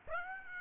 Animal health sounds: mosquito wingbeat signal from an infrared sensor; Aedes aegypti

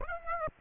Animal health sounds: mosquito wingbeat signal from an infrared sensor; Aedes aegypti

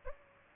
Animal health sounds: mosquito wingbeat signal from an infrared sensor; Aedes albopictus

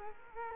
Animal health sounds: mosquito wingbeat signal from an infrared sensor; Culex quinquefasciatus

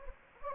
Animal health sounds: mosquito wingbeat signal from an infrared sensor; Anopheles gambiae

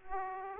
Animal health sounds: mosquito wingbeat signal from an infrared sensor; Aedes aegypti

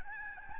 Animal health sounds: mosquito wingbeat signal from an infrared sensor; Aedes albopictus

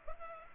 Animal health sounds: mosquito wingbeat signal from an infrared sensor; Culex pipiens

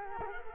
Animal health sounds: mosquito wingbeat signal from an infrared sensor; Culex quinquefasciatus

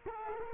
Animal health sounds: mosquito wingbeat signal from an infrared sensor; Culex quinquefasciatus

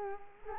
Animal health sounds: mosquito wingbeat signal from an infrared sensor; Culex quinquefasciatus

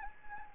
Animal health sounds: mosquito wingbeat signal from an infrared sensor; Anopheles gambiae

